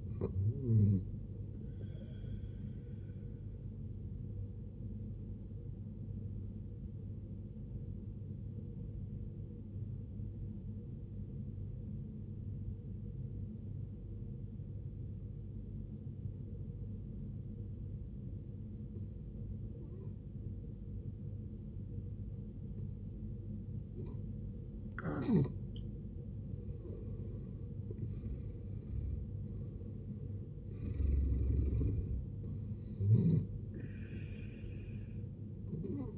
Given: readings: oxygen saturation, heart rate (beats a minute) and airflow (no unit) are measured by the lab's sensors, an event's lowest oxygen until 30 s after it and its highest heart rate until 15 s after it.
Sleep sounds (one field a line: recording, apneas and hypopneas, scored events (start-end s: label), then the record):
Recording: breathing in sleep by a smartphone at the bedside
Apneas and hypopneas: 1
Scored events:
6.00-27.50 s: obstructive apnea (N1, oxygen 95% highest, then 80% lowest, heart rate 64 at the start, 74 highest)
From the record:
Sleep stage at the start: N1 (lightest sleep)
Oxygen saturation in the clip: 75 to 95%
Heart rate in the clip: 52 to 75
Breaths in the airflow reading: 3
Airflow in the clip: -11.9 to 12.2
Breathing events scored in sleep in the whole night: 389 in 6.3 hours asleep